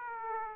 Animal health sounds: mosquito wingbeat signal from an infrared sensor; Aedes aegypti

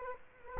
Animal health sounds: mosquito wingbeat signal from an infrared sensor; Culex quinquefasciatus

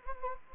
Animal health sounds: mosquito wingbeat signal from an infrared sensor; Anopheles gambiae

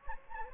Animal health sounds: mosquito wingbeat signal from an infrared sensor; Anopheles gambiae

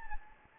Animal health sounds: mosquito wingbeat signal from an infrared sensor; Anopheles gambiae

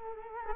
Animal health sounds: mosquito wingbeat signal from an infrared sensor; Culex quinquefasciatus

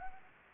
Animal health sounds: mosquito wingbeat signal from an infrared sensor; Anopheles gambiae

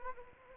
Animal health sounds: mosquito wingbeat signal from an infrared sensor; Anopheles arabiensis

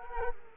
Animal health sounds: mosquito wingbeat signal from an infrared sensor; Culex quinquefasciatus

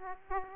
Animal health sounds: mosquito wingbeat signal from an infrared sensor; Aedes aegypti

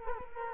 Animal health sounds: mosquito wingbeat signal from an infrared sensor; Culex quinquefasciatus

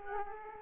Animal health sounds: mosquito wingbeat signal from an infrared sensor; Aedes aegypti

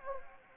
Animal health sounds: mosquito wingbeat signal from an infrared sensor; Anopheles gambiae

